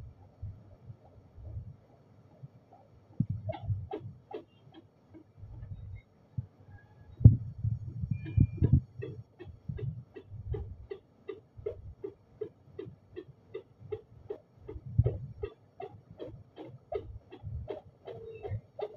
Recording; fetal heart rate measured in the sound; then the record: fetal heartbeat by stethoscope microphone, probably a fetal Doppler's sound; 159 bpm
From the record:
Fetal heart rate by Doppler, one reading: 161 bpm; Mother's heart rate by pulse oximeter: 78 bpm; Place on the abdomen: lower left side of abdomen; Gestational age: 39+ weeks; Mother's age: 23 years